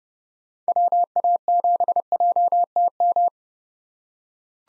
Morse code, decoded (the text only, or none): WA7JTM